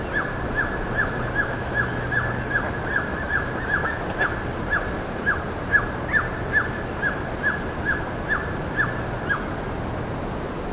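Bird calls: short, sharp downslurred notes repeated roughly two to three times a second in a long, slightly uneven series, over steady background hiss and a faint low hum.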